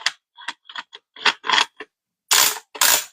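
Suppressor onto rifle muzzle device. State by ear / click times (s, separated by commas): seated / 0.1 s, 0.5 s, 0.8 s, 1.0 s, 1.5 s, 1.8 s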